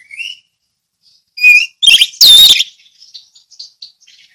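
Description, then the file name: Orange-headed thrush song: a few soft whistles, then loud harsh chirps and a bright ringing note, fading into quiet twittering. Ngeplong song style. "anis merah ngeplong"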